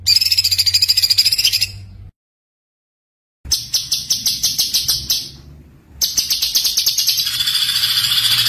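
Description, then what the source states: White-eye song: shrill, quick twittering runs of pulsed notes in three bursts split by pauses, with a low background hum. Continuous singing (gacor) with full shooting song (tembakan), used as masteran for tutoring other songbirds.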